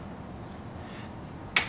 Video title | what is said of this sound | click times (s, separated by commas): Instructional - uses and assembly of Medline Commodes | hear that lock that locks in the link same thing on this side you swing it around push | 1.6 s